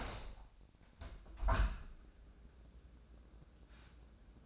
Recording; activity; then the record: daily activity, microphone in the room; open window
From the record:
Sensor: 2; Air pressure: 1012.2 hPa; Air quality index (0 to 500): 125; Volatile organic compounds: 1 ppm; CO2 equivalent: 927 ppm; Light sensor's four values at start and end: 107/256/105/103 and 106/254/104/103